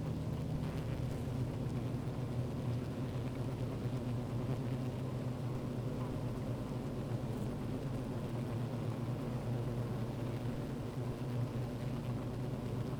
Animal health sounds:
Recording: honeybee colony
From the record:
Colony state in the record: active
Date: 28 July 2017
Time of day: 15:26

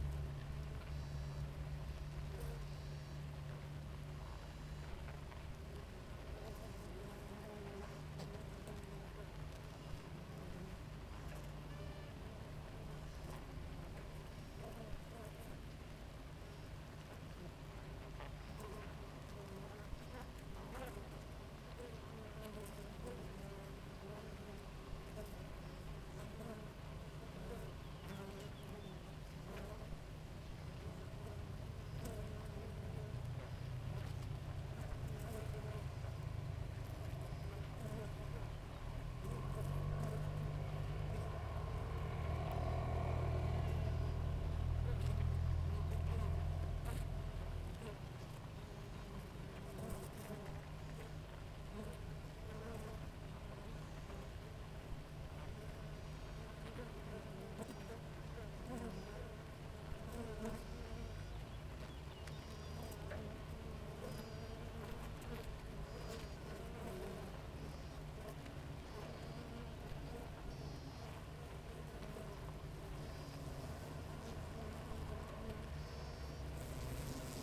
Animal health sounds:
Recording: honeybee colony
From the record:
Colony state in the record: active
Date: 28 July 2017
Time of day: 5:36

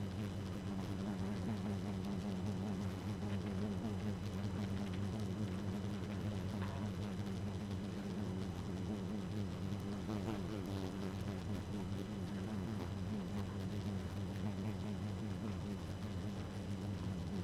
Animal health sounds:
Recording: honeybee colony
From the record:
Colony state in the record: active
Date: 12 June 2018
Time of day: 2:20

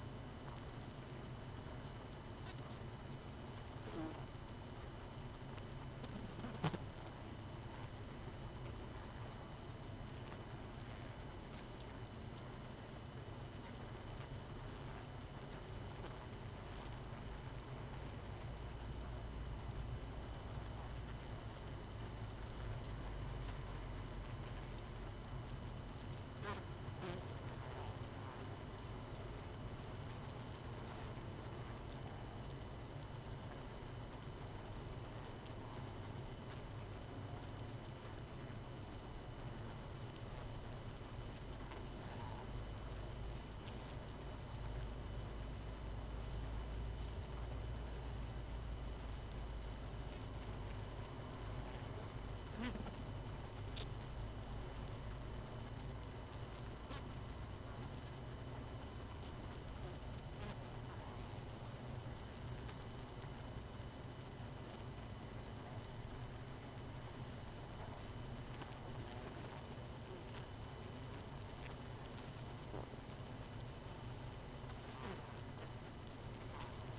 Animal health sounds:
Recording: honeybee colony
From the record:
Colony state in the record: missing queen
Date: 31 May 2018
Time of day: 22:04

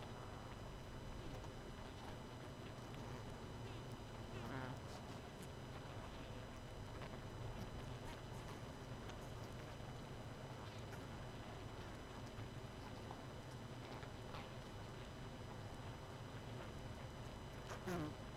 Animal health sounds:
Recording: honeybee colony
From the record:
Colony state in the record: missing queen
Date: 31 May 2018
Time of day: 23:37

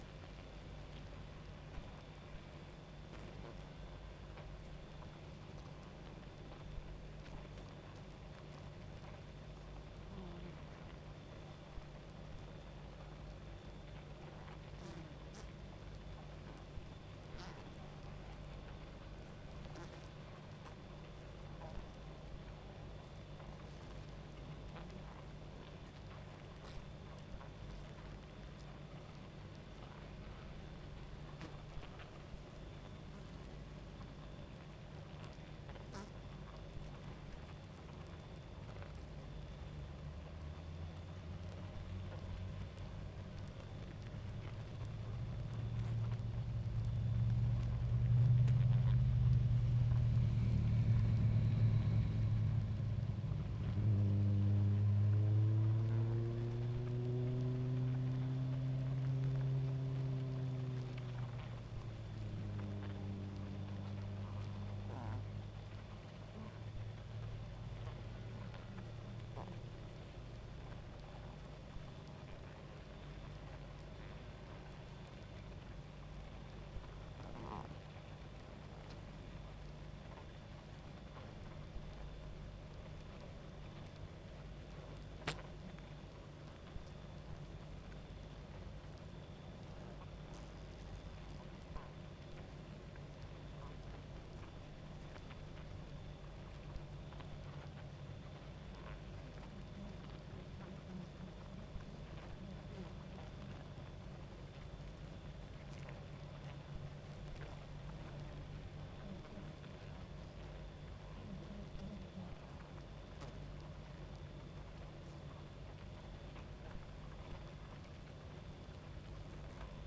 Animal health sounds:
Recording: honeybee colony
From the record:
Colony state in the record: active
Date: 28 July 2017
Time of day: 23:40

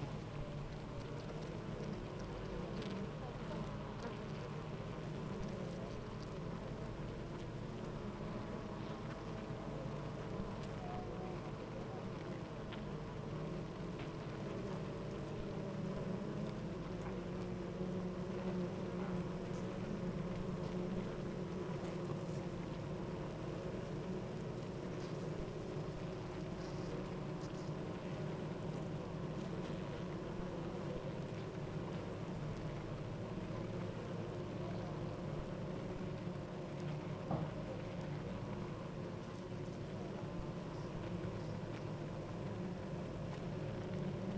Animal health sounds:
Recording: honeybee colony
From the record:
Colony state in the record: active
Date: 28 July 2017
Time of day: 8:47

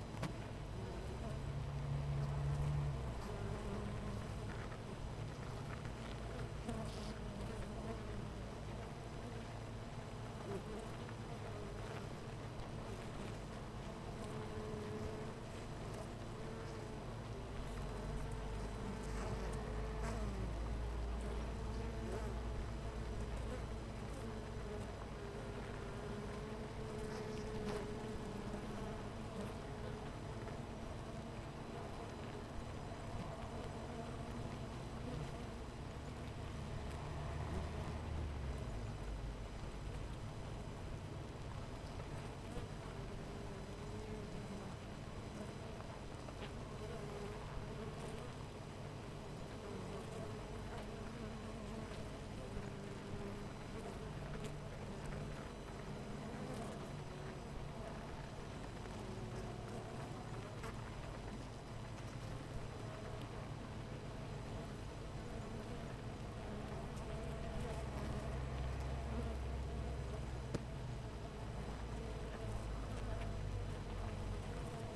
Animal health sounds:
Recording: honeybee colony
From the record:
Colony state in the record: missing queen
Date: 14 July 2017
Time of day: 8:14

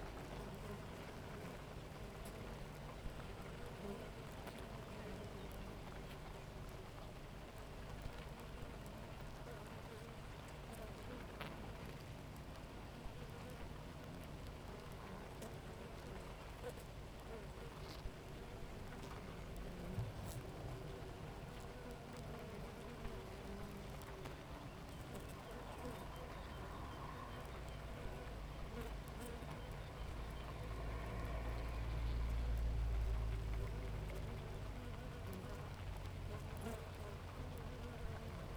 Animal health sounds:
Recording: honeybee colony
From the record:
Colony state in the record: active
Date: 28 July 2017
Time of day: 6:55

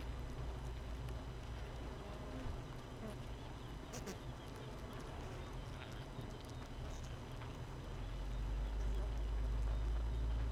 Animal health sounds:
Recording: honeybee colony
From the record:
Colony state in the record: missing queen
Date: 31 May 2018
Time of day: 5:26

